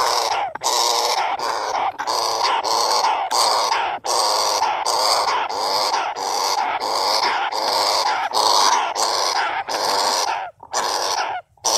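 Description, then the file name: Flying squirrel calls: harsh, buzzy bursts in a rapid, uneven series, with brief pauses between runs. "tieng soc bay keu chuan nhat"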